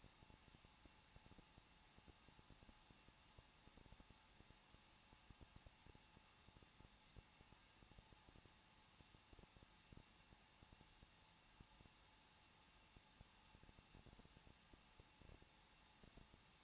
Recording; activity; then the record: daily activity, microphone in the room; no activity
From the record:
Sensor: 1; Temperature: 20.1 degrees Celsius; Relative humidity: 39.1%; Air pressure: 1006.4 hPa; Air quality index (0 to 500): 216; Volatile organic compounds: 73 ppm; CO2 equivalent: 3544 ppm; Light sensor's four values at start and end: 1/2/1/1 and 1/2/1/1